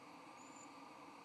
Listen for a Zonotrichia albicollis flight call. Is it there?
no